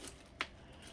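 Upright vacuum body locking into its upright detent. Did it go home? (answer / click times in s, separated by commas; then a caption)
yes / 0.4 s. The plastic body of a Bissell CleanView ActiveWand (3536) upright vacuum is pushed forward into its upright detent, with a faint tick near 0.1 s and a short, sharp click at 0.4 s. The click is slight, but the body is locked in the upright position.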